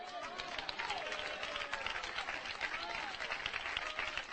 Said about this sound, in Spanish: Hermano, ese aplauso es para el alcalde de Alejandría, ¿verdad?